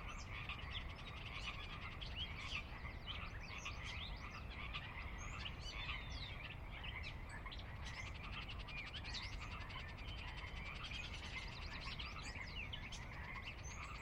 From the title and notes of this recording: Sinlahekin Valley dusk. The valley itself is a 16 mile long, 1/2-mile wide glacier-dug trench near the Northeastern slope of the Cascades. I've not filtered any of the water wash in these recordings.